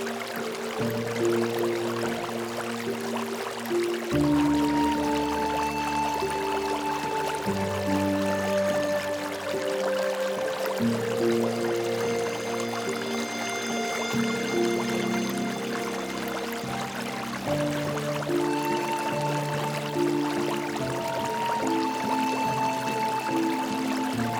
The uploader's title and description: Cozy Creek. Let the water and nature sounds relax and calm you.